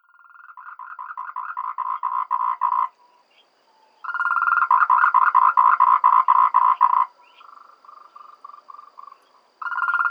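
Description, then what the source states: Tree frog croaking in rapid trains of short pulsed notes, each burst lasting about three seconds, separated by brief pauses with softer, quieter notes between bursts. Tree frog recorded in Taiwan.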